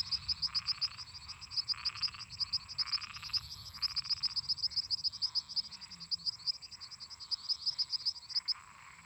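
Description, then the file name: Cricket song, continuous train of bright, rhythmic chirps at a steady fast pace, backed by pulsing trills from frogs and toads. Crickets singing constantly together with toads and frogs. "Grilos cantando constantemente em conjunto com sapos e ras"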